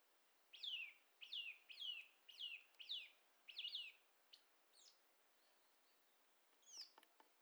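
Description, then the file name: Eurasian nuthatch calls, a quick series of six downslurred notes roughly twice a second, then a few fainter high notes and clicks. "Sitta europaea"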